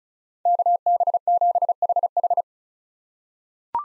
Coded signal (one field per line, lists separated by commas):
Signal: Morse code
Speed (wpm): 36 wpm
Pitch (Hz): 700 Hz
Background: none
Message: KB7HH